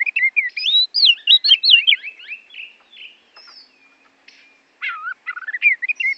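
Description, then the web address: Oriental magpie-robin song: fast tumbling sequence of loud whistled twists and slurs, a quieter middle stretch, then another bright burst of varied notes. Borneo; used as masteran, for training songbirds. "kacer borneo. masteran kacer"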